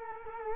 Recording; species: mosquito wingbeat signal from an infrared sensor; Culex quinquefasciatus